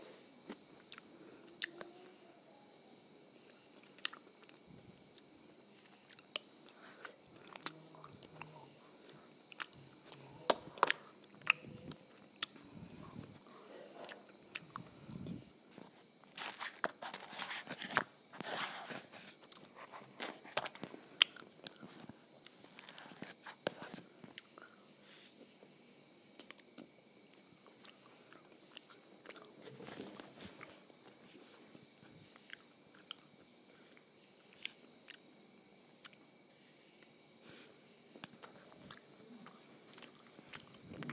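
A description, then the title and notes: Quiet eating of ice cream and waffles: irregular crunchy bites and soft chewing, busiest around seconds 16–20. Eating Ice Cream and Waffles.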